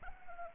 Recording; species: mosquito wingbeat signal from an infrared sensor; Anopheles arabiensis